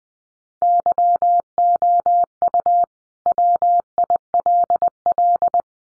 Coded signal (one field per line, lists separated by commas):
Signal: Morse code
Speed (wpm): 19 wpm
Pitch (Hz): 700 Hz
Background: none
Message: YOU WILL